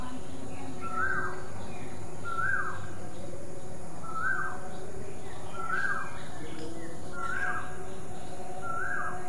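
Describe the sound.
Koel calling, a clear rising whistled note repeated six times about every one and a half seconds, over steady low noise.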